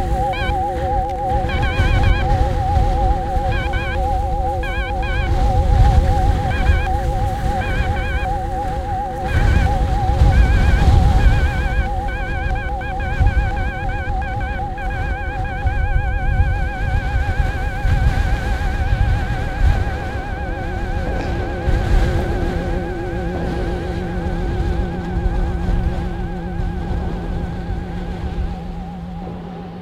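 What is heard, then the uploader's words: Birdsong in an Estonian bog: quick bursts of high chirping notes repeat every second or so in the first ten seconds, over steady, wavering whistled tones held throughout. A low rumble, like wind, runs underneath, and everything softens toward the end. Wind at the Danish sand dune Råbjerg Mile and a birdsong from a bog in Estonia. Added synth to create an extra surreal layer.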